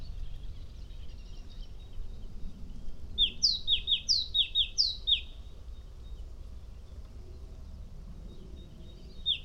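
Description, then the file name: Great tit singing a short burst of sharp two-note phrases, high then lower, repeated several times in the middle, with steady low noise around it. "Great Tit Parus major"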